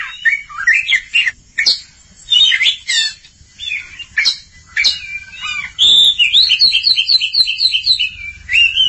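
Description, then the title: Oriental magpie-robin song with sweet slurred whistles and chattering notes, then a series of quickly repeated bright whistled notes near the end. Long-duration recording. "Kacer Durasi Panjang"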